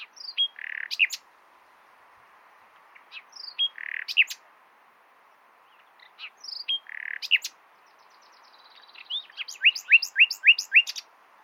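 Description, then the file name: Common nightingale song, three similar phrases of a whistle and buzzy note spaced about three seconds apart, then a fast run of repeated notes. "Luscinia megarhynchos"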